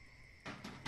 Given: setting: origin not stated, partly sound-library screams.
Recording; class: one-second piece from a danger detection set; normal situation